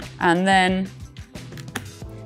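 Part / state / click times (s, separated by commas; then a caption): modular helmet chin bar into helmet shell latch / seated / 1.8 s. Someone talks as the hinged chin bar of a modular motorcycle helmet is swung back down against the thermoplastic shell. A few light knocks are followed by a sharp, short hit at 1.8 s as the chin bar latches shut.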